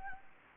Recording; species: mosquito wingbeat signal from an infrared sensor; Anopheles gambiae